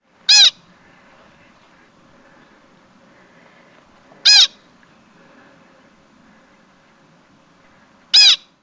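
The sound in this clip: Pika giving short, sharp squeaky calls, three single notes spaced about four seconds apart against a quiet background.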